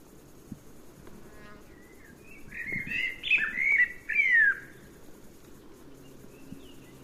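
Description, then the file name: Common blackbird giving one short, loud warbled phrase of slurred whistles and chattering notes, with quiet soft background noise before and after. "Turdus merula"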